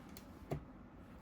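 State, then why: Seated. A Sharpal diamond sharpening stone is pressed into its base/holder and snaps into place. Two short clicks are heard at 0.2 s and 0.5 s, the second slightly stronger, against a low background hum. The stone is seated firmly in the holder.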